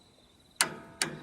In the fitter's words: And you'll hear it click,